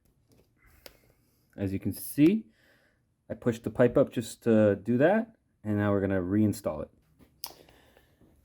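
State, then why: Seated. A coolant pipe with a retaining clip is pushed back onto the radiator neck of an Audi A4 B8 while someone talks. After the speech, a sharp click at 7.4 seconds marks the clip snapping past the ridge, and the clip ends up fully seated.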